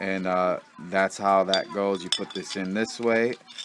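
Someone talks while handling the battery clip piece of an INCUBUS box mod, getting ready to push it into the box mod housing. The clip ends before the part goes home, so nothing has seated or locked yet.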